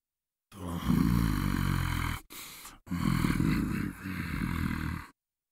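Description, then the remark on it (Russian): A low, rough voice growls like a wild beast in two long guttural bursts, the second rumbling with uneven pulses, separated by a short silence. “Теперь он напоминал звериное рычание.”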